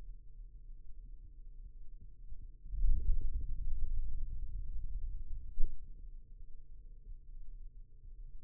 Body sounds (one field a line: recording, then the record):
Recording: forearm muscle sounds (acoustic myography)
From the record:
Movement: hand opening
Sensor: system 2, bracelet of six BSWA MPA416 microphones around the upper forearm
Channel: 4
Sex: male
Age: 22 years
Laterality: right